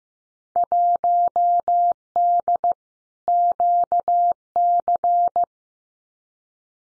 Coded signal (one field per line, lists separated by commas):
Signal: Morse code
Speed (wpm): 15 wpm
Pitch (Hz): 700 Hz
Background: none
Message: 1D QC